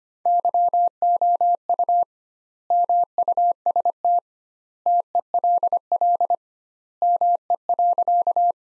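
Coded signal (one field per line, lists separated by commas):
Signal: Morse code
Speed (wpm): 25 wpm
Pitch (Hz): 700 Hz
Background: none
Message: YOU MUST TELL ME.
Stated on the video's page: Morse practice sentences from the top 200 words at 25 wpm with 2x standard word spacing, a Farnsworth-like method for words.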